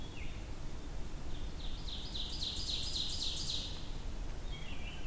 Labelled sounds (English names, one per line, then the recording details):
Ovenbird song
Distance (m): 50 m
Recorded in boreal forest in Alberta, Canada, on 23 June 2016 at 06:48
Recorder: SongMeter 3, array SBT-6-76
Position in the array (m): 21 m, 87 m
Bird 2